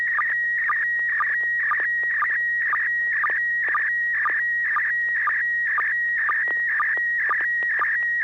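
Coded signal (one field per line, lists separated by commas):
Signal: SSTV (slow-scan television)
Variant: PD120 mode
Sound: warbling tone around 2 kHz with steady chirping ticks about twice a second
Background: low hum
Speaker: pd-120 so so so so so so so [Applause] scale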